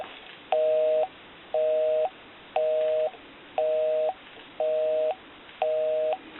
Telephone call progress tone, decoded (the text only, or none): busy tone